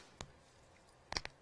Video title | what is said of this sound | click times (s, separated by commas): The Craft Store UK Live on YouTube! | there you go click click click | 0.2 s, 1.1 s, 1.2 s